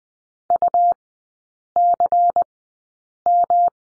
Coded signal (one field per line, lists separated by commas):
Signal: Morse code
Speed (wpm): 20 wpm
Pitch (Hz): 700 Hz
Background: none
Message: UCM